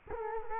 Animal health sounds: mosquito wingbeat signal from an infrared sensor; Culex quinquefasciatus

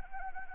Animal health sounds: mosquito wingbeat signal from an infrared sensor; Anopheles arabiensis

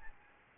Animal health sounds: mosquito wingbeat signal from an infrared sensor; Aedes albopictus

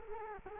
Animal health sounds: mosquito wingbeat signal from an infrared sensor; Culex quinquefasciatus

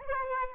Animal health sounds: mosquito wingbeat signal from an infrared sensor; Aedes albopictus

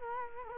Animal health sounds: mosquito wingbeat signal from an infrared sensor; Culex quinquefasciatus

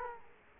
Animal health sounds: mosquito wingbeat signal from an infrared sensor; Culex quinquefasciatus

